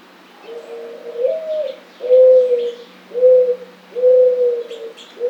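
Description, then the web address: Mourning dove cooing, a soft low hoo note followed by steady repeated coos about once a second, with faint chirps from other birds above. Recorded on 18 July 2009. "Mourning Dove 2009 07 18"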